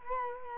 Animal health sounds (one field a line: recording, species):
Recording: mosquito wingbeat signal from an infrared sensor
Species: Culex quinquefasciatus